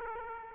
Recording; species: mosquito wingbeat signal from an infrared sensor; Aedes aegypti